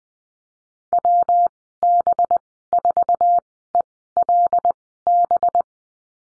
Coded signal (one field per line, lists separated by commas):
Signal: Morse code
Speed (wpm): 20 wpm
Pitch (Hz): 700 Hz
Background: none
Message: WB4ELB